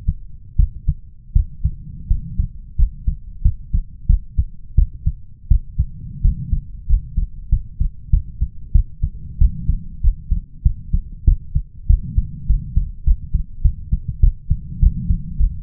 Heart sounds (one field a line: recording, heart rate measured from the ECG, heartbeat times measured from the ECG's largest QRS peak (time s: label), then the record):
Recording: heart sounds by stethoscope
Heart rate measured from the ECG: 93 bpm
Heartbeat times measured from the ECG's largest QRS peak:
0.56 s: heartbeat
1.32 s: heartbeat
2.07 s: heartbeat
2.76 s: heartbeat
3.42 s: heartbeat
4.06 s: heartbeat
4.75 s: heartbeat
5.48 s: heartbeat
6.21 s: heartbeat
6.86 s: heartbeat
7.49 s: heartbeat
8.10 s: heartbeat
8.72 s: heartbeat
9.38 s: heartbeat
10.01 s: heartbeat
10.62 s: heartbeat
11.24 s: heartbeat
11.87 s: heartbeat
12.46 s: heartbeat
13.04 s: heartbeat
13.62 s: heartbeat
14.20 s: heartbeat
14.79 s: heartbeat
15.37 s: heartbeat
From the record:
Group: healthy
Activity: rest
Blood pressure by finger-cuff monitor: 127/90 mmHg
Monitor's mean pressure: 102 mmHg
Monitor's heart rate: 94 bpm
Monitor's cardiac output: 6.4 L/min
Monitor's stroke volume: 70 mL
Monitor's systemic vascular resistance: 1180 dyn s/cm5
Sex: male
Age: 21 years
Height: 180 cm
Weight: 67.5 kg